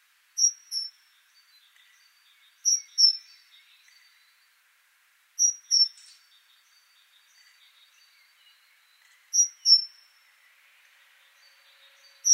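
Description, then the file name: Great tit repeating a two-note high whistle, bright and slightly descending, several times at uneven intervals over quiet, faint twitters. "Parus major"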